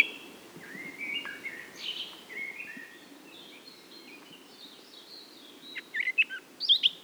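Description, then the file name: Eurasian blackcap warbling phrases, a quick run of varied chattering and scratchy notes with brief high squeaky bursts near the end, against a faint low background rumble. "Sylvia atricapilla"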